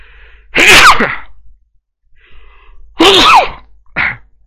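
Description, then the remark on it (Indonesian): Two loud, explosive sneezes, each preceded by a faint sharp inhale, followed by a brief, smaller burst. No talking is heard. “Alhamdulillah.”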